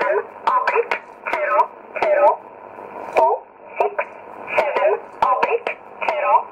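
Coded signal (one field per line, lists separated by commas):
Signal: numbers station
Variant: E11 Oblique, English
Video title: 07 08 2017 Numbers station E11 Oblique in English to Eu 0747 on 9610 in USB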